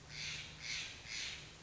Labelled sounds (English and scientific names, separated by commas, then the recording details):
Steller's Jay (Cyanocitta stelleri)
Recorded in Sonoma County, California